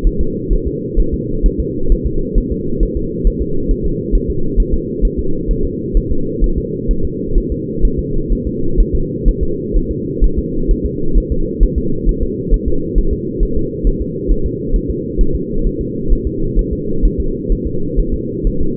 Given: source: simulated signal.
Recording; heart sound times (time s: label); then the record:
fetal heart sounds
0.07 s: S1
0.21 s: S2
0.53 s: S1
0.67 s: S2
1.00 s: S1
1.14 s: S2
1.46 s: S1
1.60 s: S2
1.92 s: S1
2.07 s: S2
2.38 s: S1
2.52 s: S2
2.83 s: S1
2.97 s: S2
3.27 s: S1
3.42 s: S2
3.71 s: S1
3.86 s: S2
4.15 s: S1
4.30 s: S2
4.60 s: S1
4.74 s: S2
5.05 s: S1
5.19 s: S2
5.51 s: S1
5.65 s: S2
5.97 s: S1
6.12 s: S2
6.44 s: S1
6.58 s: S2
6.91 s: S1
7.05 s: S2
7.38 s: S1
7.52 s: S2
7.85 s: S1
7.99 s: S2
8.32 s: S1
8.47 s: S2
8.80 s: S1
8.95 s: S2
9.28 s: S1
9.43 s: S2
9.76 s: S1
9.91 s: S2
10.24 s: S1
10.38 s: S2
10.71 s: S1
10.86 s: S2
11.18 s: S1
11.32 s: S2
11.63 s: S1
11.78 s: S2
12.09 s: S1
12.23 s: S2
12.54 s: S1
12.68 s: S2
12.98 s: S1
13.13 s: S2
13.43 s: S1
13.57 s: S2
13.87 s: S1
14.01 s: S2
14.31 s: S1
14.46 s: S2
14.76 s: S1
14.91 s: S2
15.21 s: S1
15.35 s: S2
15.66 s: S1
15.81 s: S2
16.12 s: S1
16.27 s: S2
16.59 s: S1
16.73 s: S2
17.05 s: S1
17.20 s: S2
17.52 s: S1
17.67 s: S2
17.99 s: S1
18.14 s: S2
18.47 s: S1
18.61 s: S2
From the record:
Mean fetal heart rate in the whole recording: 130 bpm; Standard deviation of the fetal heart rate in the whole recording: 2 bpm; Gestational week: 38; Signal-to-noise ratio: -8.1 dB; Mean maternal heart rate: 72 bpm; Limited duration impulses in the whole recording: absent